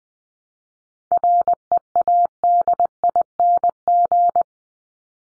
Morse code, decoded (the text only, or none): READING